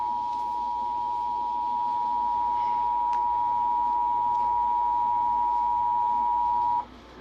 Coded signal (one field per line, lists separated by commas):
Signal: Emergency Alert System (SAME) tones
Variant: 853 and 960 Hz attention tone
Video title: Severe Thunderstorm Warning on NJPBS (EAS #90)